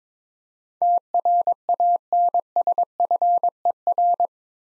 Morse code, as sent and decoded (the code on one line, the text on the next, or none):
- .-. .- -. ... ..-. . .-.
TRANSFER